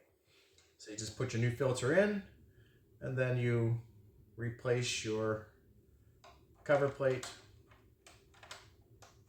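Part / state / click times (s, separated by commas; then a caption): filter cover plate into oxygen concentrator housing / not seated / none. Someone talks while a new filter is put into an oxygen concentrator and the plastic filter cover plate is handled to go back onto the housing, with a few faint handling taps and ticks in the quieter stretches toward the end. The plate has not clicked or seated yet.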